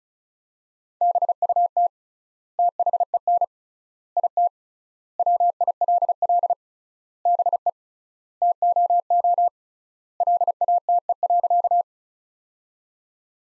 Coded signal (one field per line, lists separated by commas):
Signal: Morse code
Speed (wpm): 34 wpm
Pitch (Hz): 700 Hz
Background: none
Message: BUT THEN IT WILL BE TOO LATE.